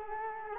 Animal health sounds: mosquito wingbeat signal from an infrared sensor; Culex quinquefasciatus

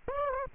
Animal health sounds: mosquito wingbeat signal from an infrared sensor; Aedes aegypti

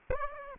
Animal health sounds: mosquito wingbeat signal from an infrared sensor; Aedes aegypti

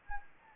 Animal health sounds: mosquito wingbeat signal from an infrared sensor; Anopheles gambiae

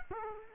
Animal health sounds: mosquito wingbeat signal from an infrared sensor; Culex quinquefasciatus

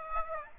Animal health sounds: mosquito wingbeat signal from an infrared sensor; Aedes aegypti

